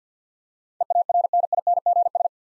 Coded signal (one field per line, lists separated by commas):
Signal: Morse code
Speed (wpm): 50 wpm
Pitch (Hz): 700 Hz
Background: none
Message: EARNINGS